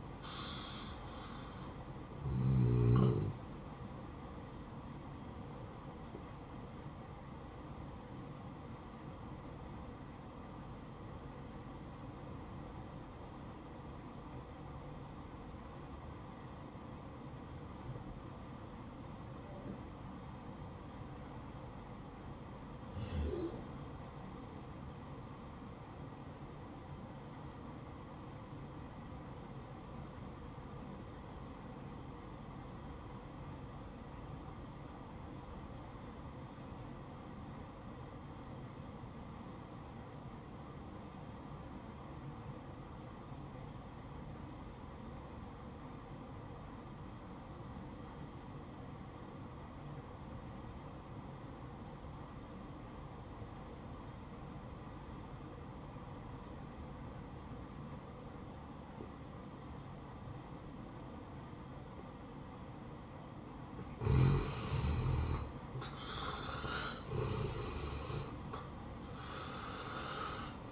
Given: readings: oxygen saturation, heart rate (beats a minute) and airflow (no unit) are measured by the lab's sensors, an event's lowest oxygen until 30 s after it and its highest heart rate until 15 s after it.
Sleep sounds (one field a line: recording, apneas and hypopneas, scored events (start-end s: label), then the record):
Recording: breathing in sleep by a smartphone at the bedside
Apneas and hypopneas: 1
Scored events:
9.00-65.40 s: obstructive apnea (N1, oxygen 94% highest, then 72% lowest, heart rate 65 at the start, 83 highest)
10.00-70.72 s: new sleep stage, REM sleep
From the record:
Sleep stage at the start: N1 (lightest sleep)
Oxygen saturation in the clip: 72 to 94%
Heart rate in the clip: 51 to 85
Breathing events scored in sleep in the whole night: 573 in 9.8 hours asleep